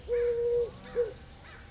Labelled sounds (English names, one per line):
American Crow